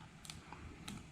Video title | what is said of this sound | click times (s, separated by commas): Apeman C450 Budget Dash Cam UNBOXING + 256GB Micro SD Card WORKS! | And it should click in place, which it did. | 0.9 s